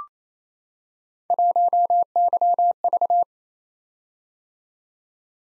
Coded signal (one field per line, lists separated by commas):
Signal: Morse code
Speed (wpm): 27 wpm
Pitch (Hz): 700 Hz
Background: none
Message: 1YV